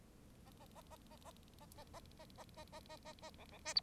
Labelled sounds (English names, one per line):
Bengalese Finch song